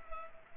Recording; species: mosquito wingbeat signal from an infrared sensor; Culex pipiens